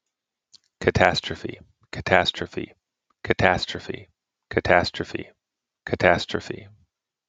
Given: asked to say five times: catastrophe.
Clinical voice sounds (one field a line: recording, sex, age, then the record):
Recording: repeated word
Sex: male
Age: 30 to 39 years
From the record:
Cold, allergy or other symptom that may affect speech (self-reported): no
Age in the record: 39 years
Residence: United States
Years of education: 18